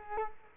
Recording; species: mosquito wingbeat signal from an infrared sensor; Culex quinquefasciatus